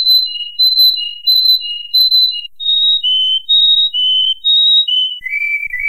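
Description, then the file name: Canary song with paired whistled notes alternating high and lower, repeated steadily, ending in a lower warbling phrase. "kenari"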